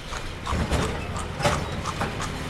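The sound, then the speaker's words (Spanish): Horse hooves clip-clop in a steady, uneven rhythm during a horse ride around Banská Štiavnica, Slovakia, a series of sharp knocking steps over a constant rumbling, mechanical background noise. “Vamos en caballo, a ver un poco.”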